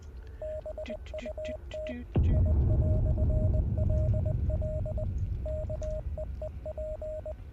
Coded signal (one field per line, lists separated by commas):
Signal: Morse code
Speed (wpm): 19 wpm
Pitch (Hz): 620 Hz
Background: none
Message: BUT I"LL KEEP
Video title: Hell Is Us | Key Provided By Rogue Factor | September 3 2025 - Livestream #5